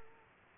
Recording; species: mosquito wingbeat signal from an infrared sensor; Culex quinquefasciatus